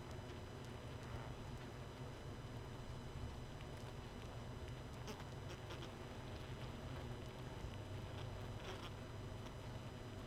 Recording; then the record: honeybee colony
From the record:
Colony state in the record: missing queen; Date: 31 May 2018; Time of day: 20:57